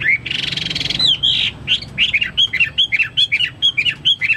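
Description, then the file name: Chinese hwamei song: opens with a harsh buzzy rattle, then a steady run of loud, evenly spaced whistled notes. "omkicau hwamei"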